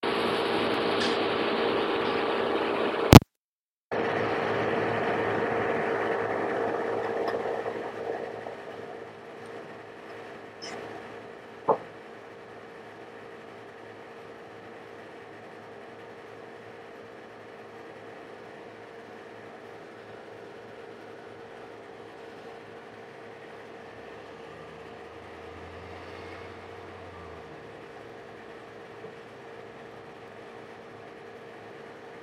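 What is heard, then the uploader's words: An air conditioner runs with a steady hum and a low, even drone throughout. In the first seven seconds a louder airy rush fills the sound, broken by a brief cut near three seconds, then it settles to a quieter steady whir, with a sharp click around twelve seconds. This is how airconditioning sounds like by Melanie Koeppen.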